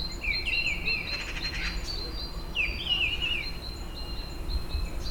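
Birds chirping: a run of short high tweets with downslurred whistled notes, a few birds calling together over low background rumble.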